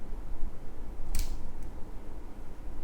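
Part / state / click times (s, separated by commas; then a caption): gear selector slider in mini 4WD car chassis / seated / 1.2 s. A plastic gear-selector slider in a mini 4WD car chassis is pushed to the left position, engaging the red high-torque gear. It clicks into place at 1.2 s with a sharp, bright snap over a low, steady background hum, and a faint second tick follows near 1.6 s. A small plastic button lets the slider click into place at each of its three positions, and here the slider is seated.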